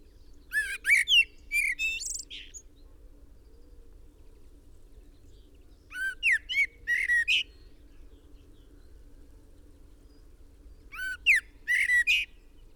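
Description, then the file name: Common blackbird song: three separate whistled phrases, spaced several seconds apart over a steady low hum. "Turdus merula"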